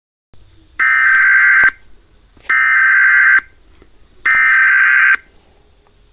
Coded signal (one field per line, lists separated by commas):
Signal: Emergency Alert System (SAME) tones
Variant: header bursts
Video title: Xfinity X1 EAS National Periodic Test (EAS MOCK #1)